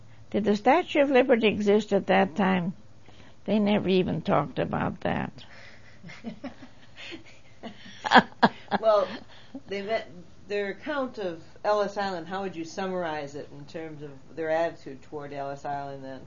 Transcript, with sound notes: did the statue of Liberty exist at that time? They never even talked about that. (Laughing)
Well the even-well their account of Ellis Island, how would summarize it in terms of their attitude towards Ellis Island then?